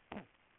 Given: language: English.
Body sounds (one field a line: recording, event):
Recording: throat vibration sensor signal played as sound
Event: throat clearing